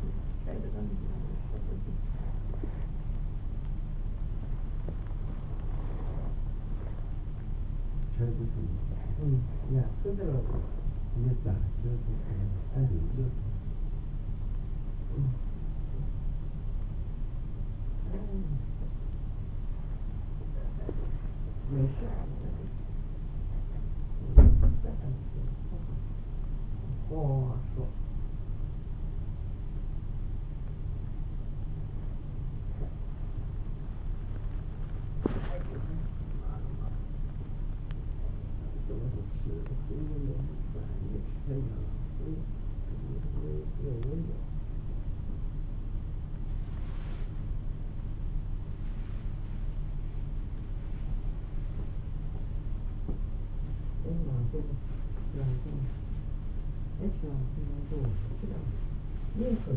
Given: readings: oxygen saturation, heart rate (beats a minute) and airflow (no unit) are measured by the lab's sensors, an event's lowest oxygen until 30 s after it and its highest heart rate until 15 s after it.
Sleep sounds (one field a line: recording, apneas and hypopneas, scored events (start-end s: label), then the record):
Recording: a person awake in a sleep study, by a smartphone at the bedside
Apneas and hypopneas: none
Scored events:
0.00-59.77 s: awake
From the record:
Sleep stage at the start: awake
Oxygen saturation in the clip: 95 to 97%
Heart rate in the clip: 61 to 70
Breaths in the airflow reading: 15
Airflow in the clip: -4.9 to 7.7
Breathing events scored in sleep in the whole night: 388 in 6.5 hours asleep